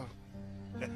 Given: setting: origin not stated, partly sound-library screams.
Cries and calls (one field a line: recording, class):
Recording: one-second piece from a danger detection set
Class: normal situation